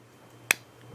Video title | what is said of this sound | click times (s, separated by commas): Relocating Rear Facing Camera - Woflbox WDR Camera Mount | Clicks right into place. It's nice and secure. | 0.5 s